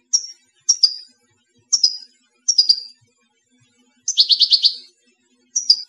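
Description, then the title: European goldfinch giving short high descending call notes about once a second, with one buzzy rattled phrase near four seconds. "Chant Chardonneret"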